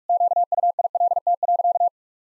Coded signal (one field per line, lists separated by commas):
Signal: Morse code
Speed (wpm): 46 wpm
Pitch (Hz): 700 Hz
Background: none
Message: QUILT.